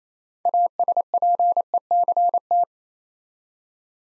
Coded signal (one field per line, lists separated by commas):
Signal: Morse code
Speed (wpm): 28 wpm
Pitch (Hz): 700 Hz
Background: none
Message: ASPECT